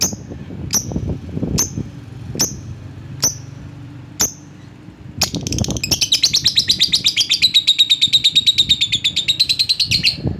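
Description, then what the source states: Lovebird giving sharp high chirps about once a second, then a long rapid buzzy trill that wavers around a steady high pitch until the end. Lovebird calling a rival.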